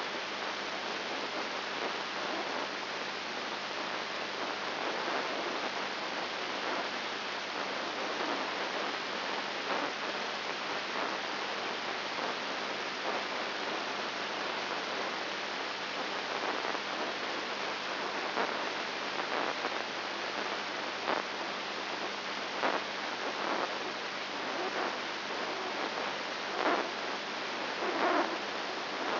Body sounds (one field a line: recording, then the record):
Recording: brain microelectrode recording played as sound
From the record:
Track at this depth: inside the subthalamic nucleus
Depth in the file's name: 1.505 mm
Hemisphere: left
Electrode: 3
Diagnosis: Parkinson's disease